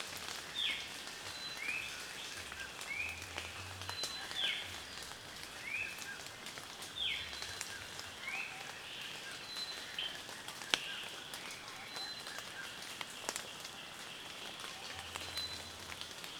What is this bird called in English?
Brown-chested Alethe